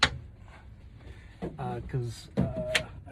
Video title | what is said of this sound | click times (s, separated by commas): BEDROOM TOUR of Winnebago TRAVATO 59G Murphy bed in Class B RV. Measurements. Bedding. | these magnetically snap into place really really simple | 0.0 s